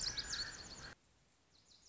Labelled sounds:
Lazuli Bunting (Passerina amoena)
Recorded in Sonoma County, California

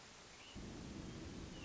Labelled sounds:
Hermit Thrush (Catharus guttatus)
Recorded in Sonoma County, California

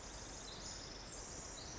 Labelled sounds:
Pacific Wren (Troglodytes pacificus)
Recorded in Sonoma County, California

